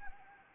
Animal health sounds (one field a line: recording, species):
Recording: mosquito wingbeat signal from an infrared sensor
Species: Anopheles arabiensis